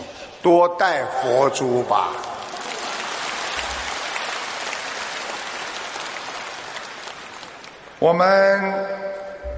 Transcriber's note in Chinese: 掌声